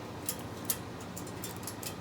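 A hook that didn't snap in the first time is pushed again into a cabinet door organizer rack and clicks into place at 0.7 s, seated sturdy and stable. A smaller tick comes just before at 0.3 s, followed by a few softer ticks against steady low background noise.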